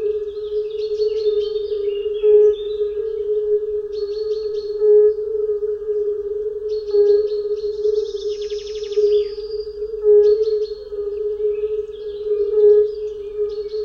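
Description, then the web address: European fire-bellied toad chorus forming a constant low musical hum with regular louder notes, accompanied by repeated chirping phrases and trills from birds. "Tajemnice puszczy Kumak nizinny"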